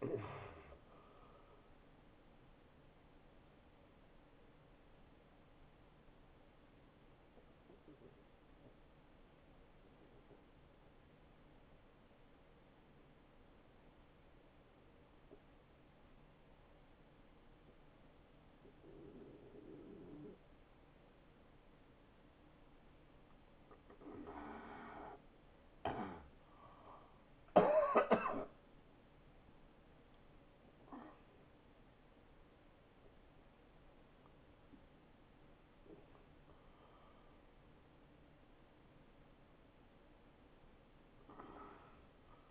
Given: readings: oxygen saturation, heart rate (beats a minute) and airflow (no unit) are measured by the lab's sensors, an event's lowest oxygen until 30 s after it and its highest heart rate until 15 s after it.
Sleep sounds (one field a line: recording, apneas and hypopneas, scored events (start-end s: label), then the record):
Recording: breathing in sleep by a voice recorder at the bedside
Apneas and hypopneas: 1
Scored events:
10.00-25.10 s: obstructive apnea (N1, oxygen 78% highest, then 78% lowest, heart rate 82 at the start, 90 highest)
23.00-42.51 s: new sleep stage, awake
29.00-42.51 s: awake
From the record:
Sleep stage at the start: N1 (lightest sleep)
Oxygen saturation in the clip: 70 to 96%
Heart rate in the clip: 79 to 91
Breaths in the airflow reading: 4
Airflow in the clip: -17.5 to 7.4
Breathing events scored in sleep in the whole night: 263 in 5.5 hours asleep